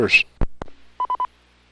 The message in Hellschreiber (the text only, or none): none